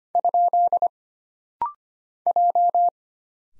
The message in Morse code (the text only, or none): ? J